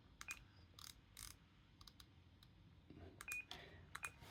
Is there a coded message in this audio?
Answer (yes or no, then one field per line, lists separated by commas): no